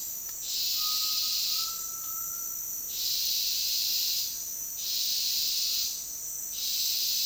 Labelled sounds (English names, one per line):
Undulated Tinamou